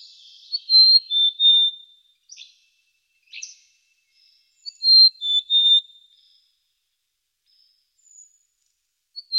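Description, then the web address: Bird song of clear, high whistled phrases, each a few sliding notes, with a long pause between, plus scattered clicks and chips in otherwise silent surroundings. Birds singing at night in the mountains in calm weather. "le chant des oiseaux la nuit dans les montagnes par temps calme"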